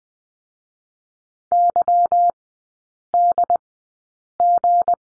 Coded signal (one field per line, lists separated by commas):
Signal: Morse code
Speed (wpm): 20 wpm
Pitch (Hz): 700 Hz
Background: none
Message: YDG